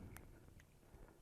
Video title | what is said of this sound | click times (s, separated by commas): Tim Strange QA1 Front Suspension Install | you kind of hear it click in or you can actually physically see it too | 0.2 s